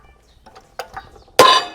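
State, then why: Released. A steel bearing is pressed out of its housing with a press. After a few faint knocks and ticks, a loud, sharp crack rings out at 1.4 s as the tight bearing breaks free, then decays with a bright metallic ring. The bearing has released, and the crack means all is well, so pressing continues until it comes out.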